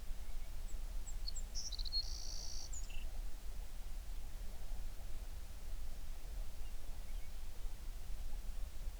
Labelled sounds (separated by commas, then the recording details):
songbird
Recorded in the Prudhoe Bay oil fields, Alaska, on 11 June 2019 at 04:43
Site 21